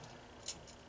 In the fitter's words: now that snap that you heard